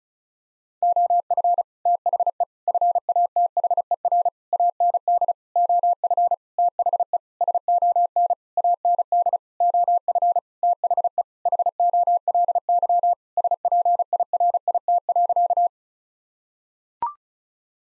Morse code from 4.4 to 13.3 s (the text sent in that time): AND OF THE SON AND OF THE HOLY